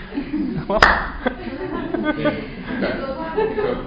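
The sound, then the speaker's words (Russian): One sharp, loud hand clap rings out, followed by a handful of softer, scattered claps while people keep talking and chuckling underneath. “Она сначала один раз я хлопнула, она, потом я думаю, надо будет. Потом начала аплодировать.”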